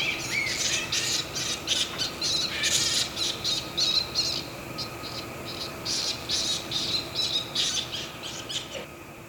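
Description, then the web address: Ryukyu flying fox squawks: harsh, scratchy chattering bursts in quick irregular succession, roughly two or three a second, with a faint steady hum underneath. Recorded in Oshiro, Itoman, on 7 October 2021. "koe okomori 211007 itoman oshiro"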